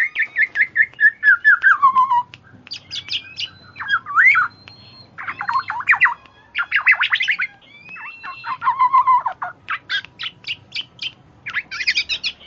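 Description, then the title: Black-naped oriole song: descending whistled notes repeated in short series, mixed with bursts of varied chirps and high chattering notes. Female bird; chattering song (ocehan), used for luring. "ocehan kepodang BETINA untuk panci"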